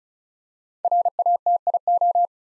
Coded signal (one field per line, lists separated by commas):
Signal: Morse code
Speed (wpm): 34 wpm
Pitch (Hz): 700 Hz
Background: none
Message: RATIO